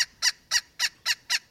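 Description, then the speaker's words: Pileated Woodpecker laughing call: six loud, harsh, evenly spaced notes, about one every quarter second, steady in pitch, with no other sounds. Call said to sound like laughing. "That drumming's the sound of a pileated woodpecker, and its call does sound like laughing."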